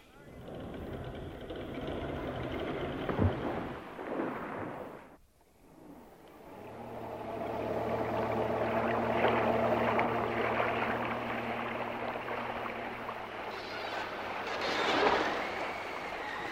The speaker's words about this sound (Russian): Обратите внимание, насколько было спокойно в этой прекрасной бухте, настолько сильные волнения в океане. Какой прибой сильный. Да здесь к берегу не пристанешь. А он волна-то идет, ничего себе, а?